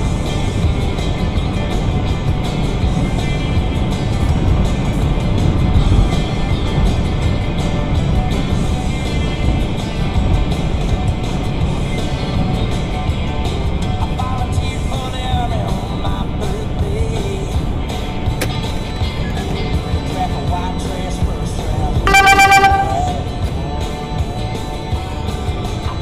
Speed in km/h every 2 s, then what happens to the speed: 148, 148, 148, 147, 143, 143, 138, 135, 130, 122, 116, 111, 108.
0-10 steady at about 147. 10-26 slows to 108.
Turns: none.